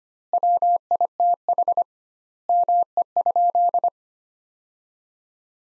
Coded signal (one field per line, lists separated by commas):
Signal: Morse code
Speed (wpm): 25 wpm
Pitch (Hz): 700 Hz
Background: none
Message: WITH ME?